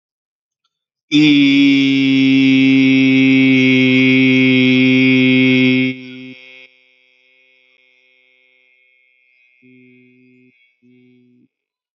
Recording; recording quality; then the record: sustained vowel as in beet; excellent, no background noise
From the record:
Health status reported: respiratory illness, not identified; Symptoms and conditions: asthma, diabetes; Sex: male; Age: 40 years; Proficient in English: yes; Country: India